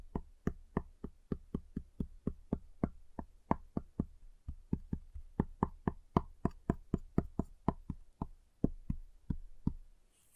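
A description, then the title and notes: Crisp, steady tapping on a giant chocolate bar, about three sharp knocks per second, each a bright click with a low thud. Giant Chocolate Bar Tapping, Cutting, Snapping Sounds.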